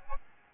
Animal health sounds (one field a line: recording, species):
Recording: mosquito wingbeat signal from an infrared sensor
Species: Aedes albopictus